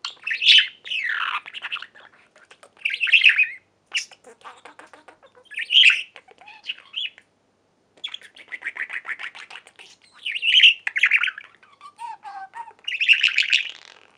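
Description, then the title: Budgerigar calls: loud scratchy chirps alternating with rapid ticking clicks, in phrases a couple of seconds apart. "Budgie Sounds"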